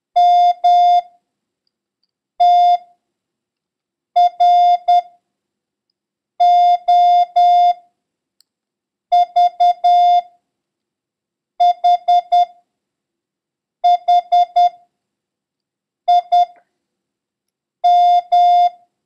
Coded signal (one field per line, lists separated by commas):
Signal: Morse code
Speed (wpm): 10 wpm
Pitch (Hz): 710 Hz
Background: none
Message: MTROVHHIM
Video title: International Morse Code: Lesson 6